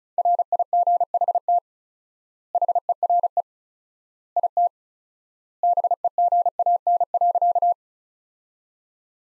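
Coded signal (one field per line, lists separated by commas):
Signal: Morse code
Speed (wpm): 36 wpm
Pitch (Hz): 700 Hz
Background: none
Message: RIGHT HERE IT BEGAN.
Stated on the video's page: Morse practice sentences from the top 300 words at 35 wpm with 4x word spacing, a word-based analogue of Farnsworth spacing.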